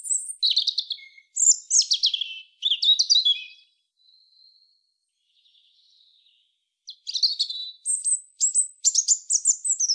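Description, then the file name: European robin with quick, glittering high phrases mixing slurred whistles and twitters, a pause of about three seconds, then a lively renewed burst. "Erithacus rubecula"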